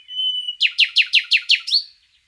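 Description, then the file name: Common nightingale song with a long steady whistle, then six loud evenly spaced downward-sweeping notes and a final rising note. "Luscinia megarhynchos"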